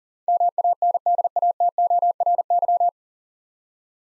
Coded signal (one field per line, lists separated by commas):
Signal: Morse code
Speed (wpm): 38 wpm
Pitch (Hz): 700 Hz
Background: none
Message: MANDATORY